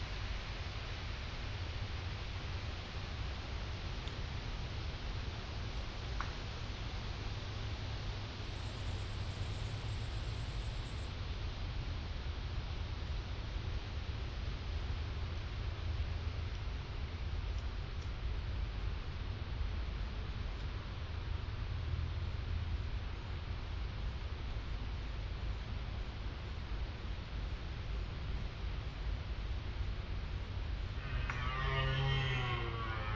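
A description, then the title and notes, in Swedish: A steady, dense low rumble of wind-like noise fills the whole recording. A thin, shrill whine cuts in from about 8 to 11 seconds. Right at the end, a red deer stag begins a deep, wavering roar that is cut off moments later. Kronhjortarnas ljudvärld. Tänk dig en helt stilla kväll i början av september. Solen har precis gått ner och du sitter i skogsbrynet, framför dig ligger en blommande klövervall. Det är kronhjortarnas brunsttid och här i området går det flera stora hanar.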